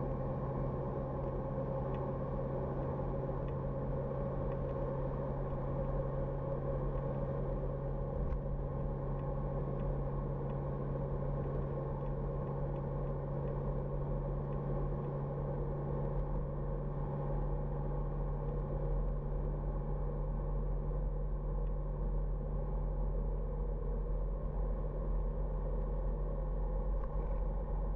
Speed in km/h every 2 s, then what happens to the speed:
83, 83, 86, 86, 87, 86, 87, 89, 90, 90, 90, 90, 92, 92.
0-28 speeds up to 92.